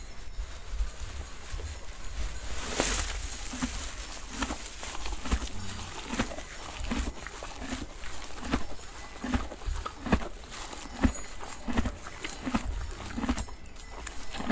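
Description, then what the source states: Horse hooves clopping in an even walking rhythm, knocks close together and steady throughout, with a brief burst of hiss early on. Horse recorded at Alvoco.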